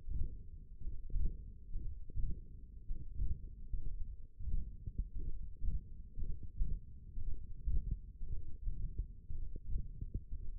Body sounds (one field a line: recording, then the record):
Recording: forearm muscle sounds (acoustic myography)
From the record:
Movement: index flexion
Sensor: system 1, eight BSWA MPA416 microphones around the upper forearm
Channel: 2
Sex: male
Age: 42 years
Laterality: right